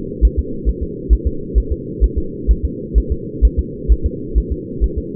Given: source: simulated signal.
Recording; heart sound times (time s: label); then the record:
fetal heart sounds
0.25 s: S1
0.39 s: S2
0.69 s: S1
0.83 s: S2
1.13 s: S1
1.27 s: S2
1.58 s: S1
1.72 s: S2
2.04 s: S1
2.18 s: S2
2.51 s: S1
2.65 s: S2
2.98 s: S1
3.12 s: S2
3.45 s: S1
3.59 s: S2
3.92 s: S1
4.06 s: S2
4.38 s: S1
4.52 s: S2
4.84 s: S1
4.98 s: S2
From the record:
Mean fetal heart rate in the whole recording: 135 bpm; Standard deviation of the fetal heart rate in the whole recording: 3 bpm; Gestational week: 34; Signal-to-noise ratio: -4.3 dB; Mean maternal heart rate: 72 bpm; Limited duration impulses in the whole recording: absent